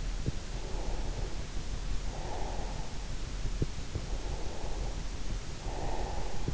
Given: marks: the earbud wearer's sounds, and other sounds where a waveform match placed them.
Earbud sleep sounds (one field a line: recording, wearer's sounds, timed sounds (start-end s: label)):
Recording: sounds in sleep by an in-ear microphone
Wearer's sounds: breath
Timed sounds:
0.39-2.99 s: breath
4.16-6.24 s: breath